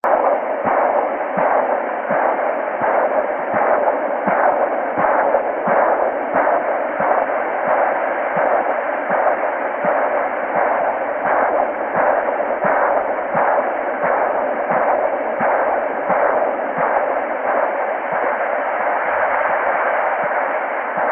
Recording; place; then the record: Doppler ultrasound of blood flow; carotid artery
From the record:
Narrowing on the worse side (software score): occlusion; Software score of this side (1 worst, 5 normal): 5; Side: right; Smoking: never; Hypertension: no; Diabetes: no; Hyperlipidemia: no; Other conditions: hemodynamic failure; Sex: male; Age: 22 years